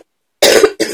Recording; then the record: coughing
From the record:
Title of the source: 55 gaggy wet cough